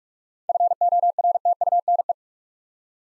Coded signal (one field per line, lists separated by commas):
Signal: Morse code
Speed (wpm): 46 wpm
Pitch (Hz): 700 Hz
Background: none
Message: FORTUNE